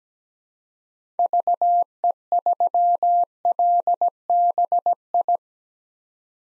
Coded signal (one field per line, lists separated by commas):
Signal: Morse code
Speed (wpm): 17 wpm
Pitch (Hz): 700 Hz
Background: none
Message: VE3LBI